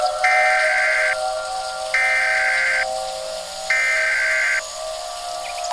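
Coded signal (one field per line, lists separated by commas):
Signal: Emergency Alert System (SAME) tones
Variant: header bursts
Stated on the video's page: Simulated EAS hurricane scenario.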